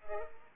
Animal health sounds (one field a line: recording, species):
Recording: mosquito wingbeat signal from an infrared sensor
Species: Culex pipiens